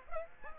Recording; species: mosquito wingbeat signal from an infrared sensor; Aedes aegypti